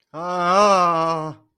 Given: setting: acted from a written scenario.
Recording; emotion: vocal sound without words; distress